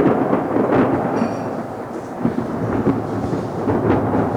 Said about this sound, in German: Warten wir das Gewitter ab.